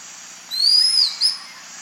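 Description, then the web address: Double-toothed kite calling with one long, thin, high whistle that swells and slurs downward, followed by a short clipped note. Ecuador. "Natures Songs S America Birds of Ecuador. Double-toothed Kite"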